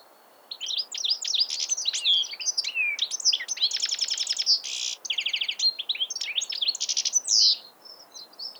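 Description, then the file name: European Goldfinch song: a continuous, fast, tinkling twitter mixed with buzzy rattling trills and bright slurred notes, lasting several seconds. "Carduelis carduelis"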